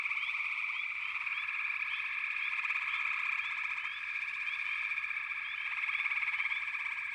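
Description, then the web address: Frog chorus, many overlapping pulsed trills forming a continuous drone, with quick upward chirps repeating through it. "Nature Songs Nature Sounds The Natural Sounds of the Wilderness 10 CDs collection Echoes of Nature - Frog Chorus"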